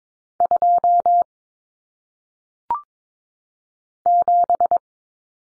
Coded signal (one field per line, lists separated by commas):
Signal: Morse code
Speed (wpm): 22 wpm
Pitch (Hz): 700 Hz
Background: none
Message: 2 7